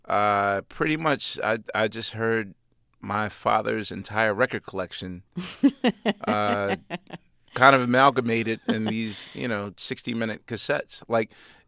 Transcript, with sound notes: pretty much I just heard my father's entire record collection...
(LAUGHTER)
Kind of amalgamated in these, you know, 60-minute cassettes.